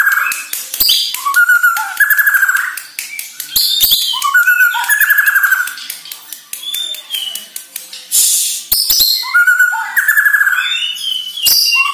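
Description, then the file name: White-rumped shama singing rapidly, a dense run of whistles, clicks and harsh high notes with recurring warbled phrases. Borneo; lure recording played to make shamas sing. "Sara Pancingan Murai Batu Borneo Agar Gacor Dor"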